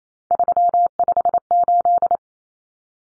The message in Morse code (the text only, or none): 358